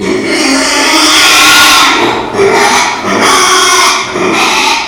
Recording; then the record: squeal of a Yucatan mini pig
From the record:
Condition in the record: after surgery on the right vocal fold (resection and tissue-engineered implant); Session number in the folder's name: 2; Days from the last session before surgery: 13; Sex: male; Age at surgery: 12 weeks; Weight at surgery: 13 kg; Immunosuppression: cyclosporine, prednisolone